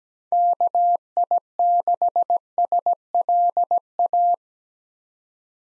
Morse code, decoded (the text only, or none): KI6SLA